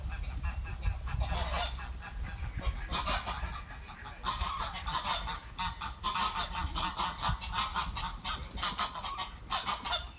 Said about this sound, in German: Und dann hat es zum Schluss endlich nochmal geklappt. Die Störche haben nochmal geklappert, weil die wahrscheinlich nicht gesehen haben, dass ich mein Handy gerade in der Hand hatte und die Aufnahme gestartet habe.